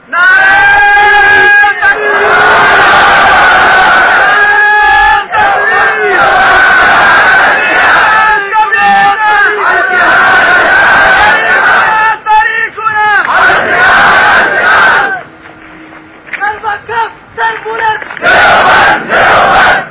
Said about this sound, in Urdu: ساتھ ہی نعرے کے ذریعے سے استقبال فرمایا کافر کا.